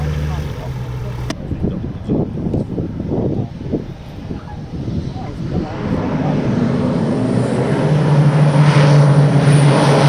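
A small airplane at Leer-Papenburg. It opens with a low steady hum that cuts off after about a second, followed by a few seconds of irregular rumbling bursts. From around six seconds an engine drone builds and grows louder, ending with a steady low buzz and a brighter whine.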